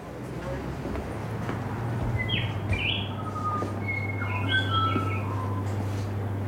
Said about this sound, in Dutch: Je hebt geen belletje als je binnenkomt, maar een vogel. Wat is het voor vogel? Ik heb echt geen idee. Het was gewoon een hele gezellige vogel.